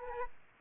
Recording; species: mosquito wingbeat signal from an infrared sensor; Aedes aegypti